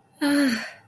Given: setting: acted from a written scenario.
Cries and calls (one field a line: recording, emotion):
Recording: vocal sound without words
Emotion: elation